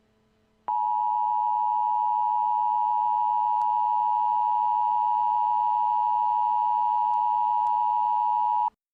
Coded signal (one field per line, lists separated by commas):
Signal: Emergency Alert System (SAME) tones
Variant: 853 and 960 Hz attention tone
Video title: EAS Scenario: Team Flare's Attack on Kalos